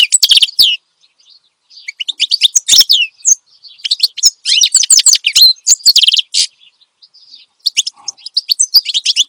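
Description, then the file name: Finch song of quick high chirps and rattling trills in several bursts, with quieter spells of faint twittering between them. Energetic, lively finch song presented as a tutor recording for training captive songbirds (masteran). "Suara Kicauan Burung Finch Gacor Dor Cocok Untuk Masteran"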